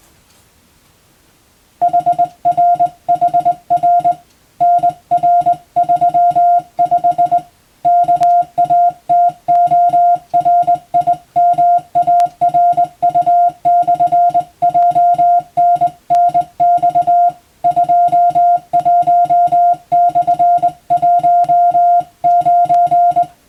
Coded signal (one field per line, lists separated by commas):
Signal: Morse code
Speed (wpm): 20 wpm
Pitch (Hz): 700 Hz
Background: music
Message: HRHR NR35 KATORIMARU/JNNX 21/19